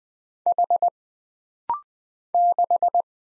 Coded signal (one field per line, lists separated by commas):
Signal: Morse code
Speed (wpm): 20 wpm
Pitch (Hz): 700 Hz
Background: none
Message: H 6